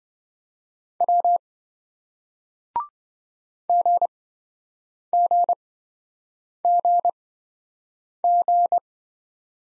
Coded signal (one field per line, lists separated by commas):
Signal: Morse code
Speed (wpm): 28 wpm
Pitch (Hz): 700 Hz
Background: none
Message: W GGGG